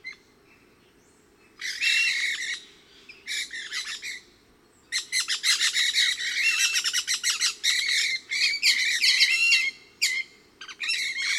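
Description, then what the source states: Pyrrhura parakeets start with a few grating calls, then break into a long continuous burst of rapid, overlapping squawks from the flock. Resident flock of about 8 birds moving high in trees, about 30 m away and 20-25 m up, within the station clearing, around 12:20 p.m., partly cloudy, hot (upper 80s, thermometer about 92).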